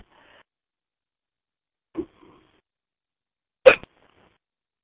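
Two abrupt, sharp hiccup sounds from an adult woman, each a brief gulping catch about 1.7 seconds apart, with near silence between them. They fit ordinary recurrent hiccups, the involuntary spasms of the diaphragm that snap the vocal cords shut. Her hiccups get worse when she laughs.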